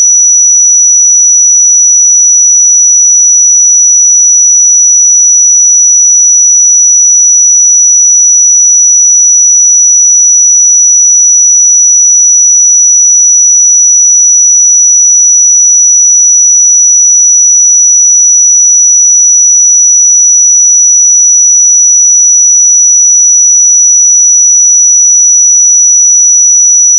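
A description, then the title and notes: A pure sine tone at 5889 Hz holds perfectly steady for the full length, a single thin, high, piercing pitch. Its loudness never changes, and nothing else is audible: no background noise, no breaks, no other sounds. 5889 Hz 1 Hz Interval Sine Pure Tone Frequency 441000 Sample Mono.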